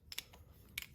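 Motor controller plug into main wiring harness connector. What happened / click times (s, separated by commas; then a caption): The plug clicked into its connector / 0.1 s, 0.8 s. Motor controller plugs are pushed into the main wiring harness connectors of a KO Moto electric dirt bike. Two sharp plastic clicks are heard at 0.1 s and 0.8 s, each followed by a softer tick, with faint background noise in between. The connectors seat and click in.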